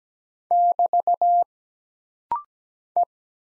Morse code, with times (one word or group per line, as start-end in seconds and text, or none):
0.5-1.4 <BT>
3.0-3.0 E